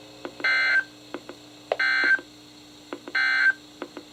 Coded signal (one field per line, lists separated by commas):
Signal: Emergency Alert System (SAME) tones